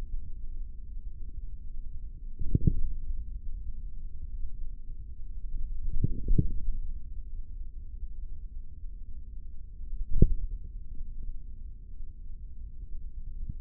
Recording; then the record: forearm muscle sounds (acoustic myography)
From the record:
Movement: index flexion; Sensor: system 3, bracelet of six PUI Audio POM-2738L microphones around the upper forearm, with dedicated amplification and filtering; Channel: 1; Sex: male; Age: 43 years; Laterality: right